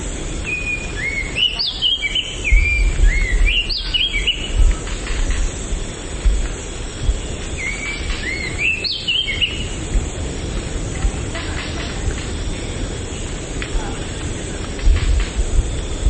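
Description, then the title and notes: Elegant sunbird song: bursts of thin, high whistled notes that slide down and flick up, in two phrases several seconds apart, over a steady low rumble. Sunbird from Sangihe. "Kolibri Sangihe. Kicau Jawara Kolibri"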